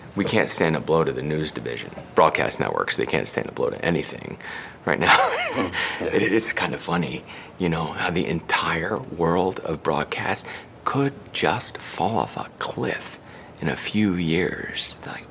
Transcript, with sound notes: We can't stand a blow to the news division. Broadcast networks - they can't stand a blow to anything right now (laughter). It's kind of funny, you know, how the entire world of broadcast could just fall off a cliff in a few years